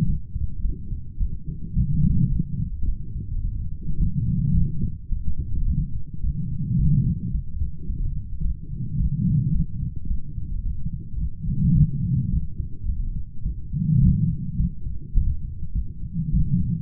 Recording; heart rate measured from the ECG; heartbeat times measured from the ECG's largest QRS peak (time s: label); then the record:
heart sounds by stethoscope; 107 bpm
0.05 s: heartbeat
0.61 s: heartbeat
1.17 s: heartbeat
1.73 s: heartbeat
2.29 s: heartbeat
2.85 s: heartbeat
3.41 s: heartbeat
3.97 s: heartbeat
4.53 s: heartbeat
5.09 s: heartbeat
5.65 s: heartbeat
6.20 s: heartbeat
6.76 s: heartbeat
7.31 s: heartbeat
7.86 s: heartbeat
8.42 s: heartbeat
8.97 s: heartbeat
9.52 s: heartbeat
10.07 s: heartbeat
10.62 s: heartbeat
11.18 s: heartbeat
11.73 s: heartbeat
12.29 s: heartbeat
12.86 s: heartbeat
13.42 s: heartbeat
14.00 s: heartbeat
14.56 s: heartbeat
15.14 s: heartbeat
15.72 s: heartbeat
16.30 s: heartbeat
From the record:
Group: healthy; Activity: light exercise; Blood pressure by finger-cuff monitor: 149/79 mmHg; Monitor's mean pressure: 102 mmHg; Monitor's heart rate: 107 bpm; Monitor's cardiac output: 9.8 L/min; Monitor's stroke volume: 91 mL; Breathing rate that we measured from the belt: 25 breaths a minute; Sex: female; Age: 32 years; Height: 172 cm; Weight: 71.7 kg